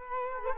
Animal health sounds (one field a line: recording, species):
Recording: mosquito wingbeat signal from an infrared sensor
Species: Culex quinquefasciatus